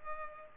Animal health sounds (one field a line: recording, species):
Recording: mosquito wingbeat signal from an infrared sensor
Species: Culex pipiens